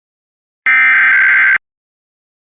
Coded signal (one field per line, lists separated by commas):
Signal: Emergency Alert System (SAME) tones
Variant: header bursts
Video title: Georgia Statewide EAS Test (EAS #1-7)